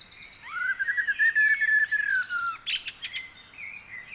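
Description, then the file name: Common blackbird song: one long fluted phrase that rises a little and then slowly falls, followed by brief high chatter. "Turdus merula"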